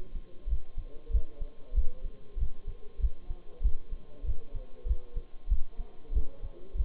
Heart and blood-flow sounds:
heart sounds by stethoscope; between the tricuspid and mitral areas; 96 bpm
0.49 s: heartbeat
1.12 s: heartbeat
1.75 s: heartbeat
2.39 s: heartbeat
3.01 s: heartbeat
3.63 s: heartbeat
4.26 s: heartbeat
4.87 s: heartbeat
5.49 s: heartbeat
6.13 s: heartbeat
6.76 s: heartbeat
From the record:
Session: Bruce protocol treadmill stress test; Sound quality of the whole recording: partially saturated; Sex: male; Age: 23 years

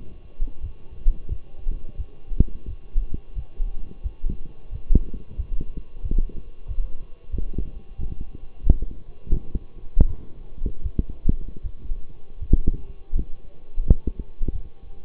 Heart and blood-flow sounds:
heart sounds by stethoscope; between the tricuspid and mitral areas; 86 bpm
0.62 s: heartbeat
1.29 s: heartbeat
1.97 s: heartbeat
2.66 s: heartbeat
3.35 s: heartbeat
4.03 s: heartbeat
4.71 s: heartbeat
5.36 s: heartbeat
6.02 s: heartbeat
6.67 s: heartbeat
7.31 s: heartbeat
7.97 s: heartbeat
8.63 s: heartbeat
9.31 s: heartbeat
10.06 s: heartbeat
10.82 s: heartbeat
11.62 s: heartbeat
12.40 s: heartbeat
13.13 s: heartbeat
13.84 s: heartbeat
14.52 s: heartbeat
From the record:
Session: walking at 3.7 km/h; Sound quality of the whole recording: partially saturated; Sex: male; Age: 24 years

